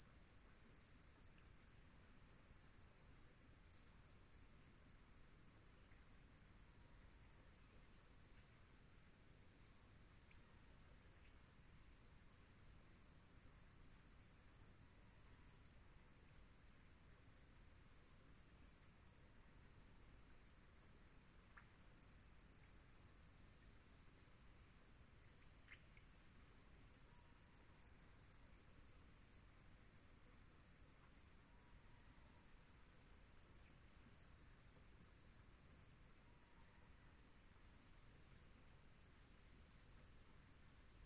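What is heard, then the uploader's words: A swamp at dusk is mostly hushed, with only a faint low rumble underneath. Very high, shrill buzzing bursts of about two seconds cut in at the start and then return four times after the twenty-second mark, each starting and stopping abruptly. Long Swamp, Dusk. The air was still as I sat down to record; the temperature a chill 60ºF/ 15.5ºC, and the moon was expected to be full.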